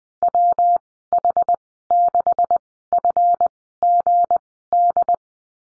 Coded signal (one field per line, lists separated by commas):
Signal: Morse code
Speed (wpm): 20 wpm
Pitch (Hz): 700 Hz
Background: none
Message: WH6FGD